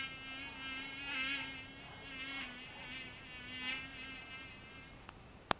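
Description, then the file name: Mosquito wing buzz, a steady high whine with rich harmonics that swells and fades as it drifts, louder around one and four seconds, followed by two sharp clicks at the end. "komarac"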